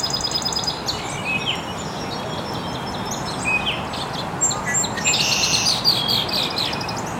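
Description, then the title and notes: Birds chirping, several high short calls and whistled notes scattered throughout, with a fuller burst of twittering near the end over steady background noise. Birds chirping very early in the morning in an estuary. "Birds Chirping in the Early Morning. Original sounds of birds chirping very early in the morning in an estuary"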